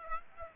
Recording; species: mosquito wingbeat signal from an infrared sensor; Aedes aegypti